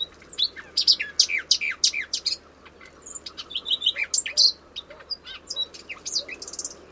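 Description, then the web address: Bird calls: dense bursts of sharp high chirps and short whistles from one or more birds, repeated rapidly, with a low background hiss. "Bird Only"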